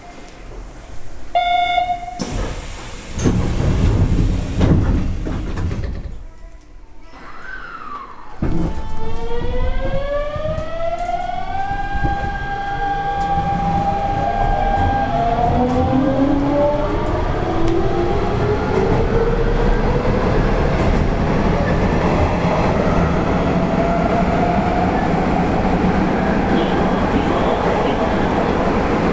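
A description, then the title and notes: An electric train pulls away: a short chime sounds near the start, followed by bursts of clattering noise. From about eight seconds, motor tones climb steadily in pitch as the train accelerates, then settle into a dense, steady running rumble to the end. 阪神5500系 普通 高速神戸から御影まで. It is the running sound of the Hanshin Electric Railway 5500 series train. I recorded it on a local train.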